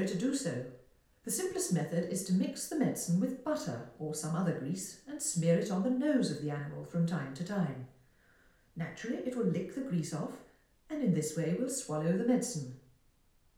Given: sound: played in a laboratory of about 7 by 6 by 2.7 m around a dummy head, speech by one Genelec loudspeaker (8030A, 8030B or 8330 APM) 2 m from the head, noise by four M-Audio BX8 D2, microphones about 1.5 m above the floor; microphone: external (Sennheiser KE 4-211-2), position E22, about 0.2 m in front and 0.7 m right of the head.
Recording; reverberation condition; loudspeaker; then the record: female speech in English; medium; 150 degrees to the left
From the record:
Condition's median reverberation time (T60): about 510 ms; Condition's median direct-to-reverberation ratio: about -0.5 dB